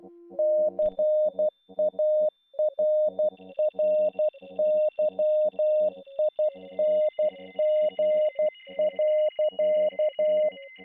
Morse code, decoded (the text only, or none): CARRYING.